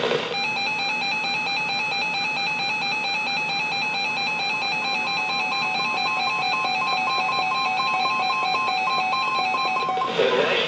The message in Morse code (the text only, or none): none